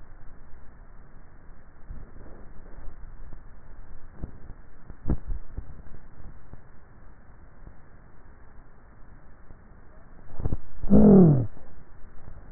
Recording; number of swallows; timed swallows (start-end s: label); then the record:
swallowing sounds by neck microphone; 1
5.12-5.92 s: swallow
From the record:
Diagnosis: dysphagia